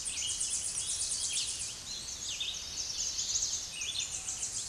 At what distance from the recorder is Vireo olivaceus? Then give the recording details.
about 20 m. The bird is about 15 m above the microphone. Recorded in a Pennsylvania forest on 16 May 2024 at 06:46. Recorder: AudioMoth, point MSD-1293. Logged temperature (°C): 12.0 °C. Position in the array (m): 53 m, 163 m